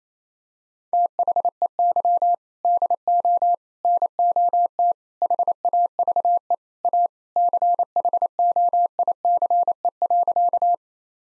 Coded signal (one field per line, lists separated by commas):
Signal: Morse code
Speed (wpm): 27 wpm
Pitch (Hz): 700 Hz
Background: none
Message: THEY DO NOT HAVE A CHOICE.